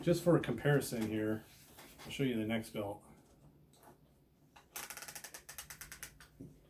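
Someone talks, then a second brand of ratchet gun belt strap is pushed into its buckle, producing a quick series of light ratchet clicks at 4.8, 5.6, 5.8 and 6.0 seconds. The clicks are quieter and lighter than the previous belt's, and the strap pushes in more easily as it seats.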